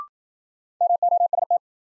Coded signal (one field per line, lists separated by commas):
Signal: Morse code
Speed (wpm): 53 wpm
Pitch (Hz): 700 Hz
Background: none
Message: MOST